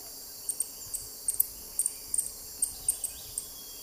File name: canto do beija flor de bico virado